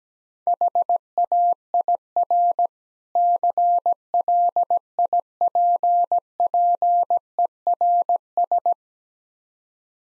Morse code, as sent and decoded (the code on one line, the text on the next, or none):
.... .- .. .-. / -.-. .-.. .. .--. .--. . .-. ...
HAIR CLIPPERS